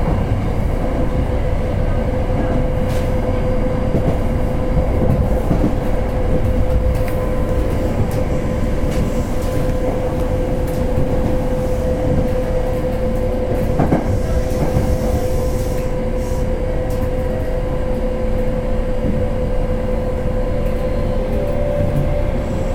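A local train on the Kobe Line runs steadily, its deep rumble constant throughout with a sustained whine at a single pitch riding over it. Brief clanks and rattles break in now and then, most noticeably around fourteen to sixteen seconds.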